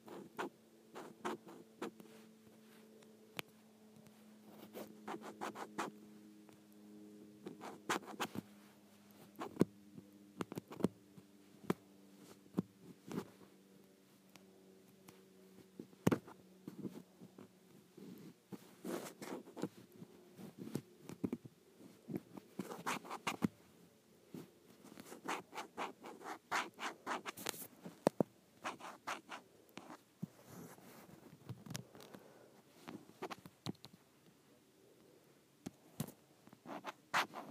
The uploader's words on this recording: ASMR Scraping the Case of my iPad.